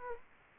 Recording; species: mosquito wingbeat signal from an infrared sensor; Culex quinquefasciatus